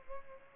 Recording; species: mosquito wingbeat signal from an infrared sensor; Culex pipiens